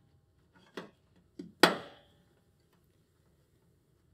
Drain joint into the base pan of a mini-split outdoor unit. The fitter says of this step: this unit should just click into place